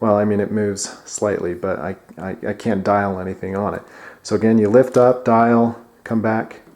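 Someone talks while handling the elevation turret of a Sig Sauer Tango 4 3-12x42 riflescope, lifting it up, dialing, and bringing it back down toward its metal zero-stop lockdown position. The clip is mostly speech with faint handling sounds; the turret has not yet clicked into its zero-stop lock.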